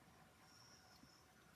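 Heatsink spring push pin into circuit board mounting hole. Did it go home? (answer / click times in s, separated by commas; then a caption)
no / none. A spring-loaded heatsink push pin is lined up over its mounting hole in a circuit board before being pressed home. Only quiet, steady handling noise is heard, with a brief faint sound near 1.6 seconds. The pin has not been pushed in and nothing has clicked yet.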